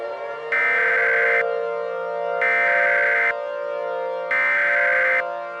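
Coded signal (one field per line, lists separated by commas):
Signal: Emergency Alert System (SAME) tones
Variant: header bursts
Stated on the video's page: Fictional EAS scenario using valid SAME tones that can activate SAME equipment.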